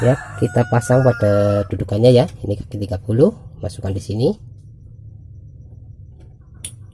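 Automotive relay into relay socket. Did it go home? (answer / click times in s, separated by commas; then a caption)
yes / 6.6 s. Someone talks while pushing pin 30 of an automotive up-and-down relay into its plastic socket for the Zebra Espass sliding-door power window. Low background hum follows, then a sharp click at 6.7 s as the relay terminal seats in the socket.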